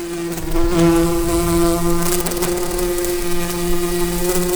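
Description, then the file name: Bumblebee flight buzz: a steady, low humming drone with rich overtones that holds on throughout, swelling slightly in loudness, with a few faint clicks. "Humle"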